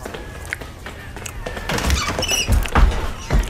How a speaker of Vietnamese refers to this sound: Cánh cửa của ngôi nhà sàn bị đập bung ra. Tiếng nói ồn ào cùng với những tiếng bước chân chạy trên chiếc cầu thang gỗ vang lên dồn dập.